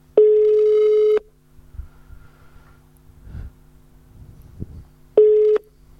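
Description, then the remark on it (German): A telephone ringback tone: a steady, loud, mid-pitched electronic beep lasts about a second, then a long quiet pause with faint background noise, then the beep starts again. “Aber der klingelt aber was.”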